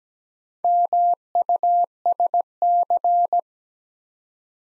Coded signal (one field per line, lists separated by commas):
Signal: Morse code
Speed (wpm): 17 wpm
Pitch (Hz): 700 Hz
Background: none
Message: MUSC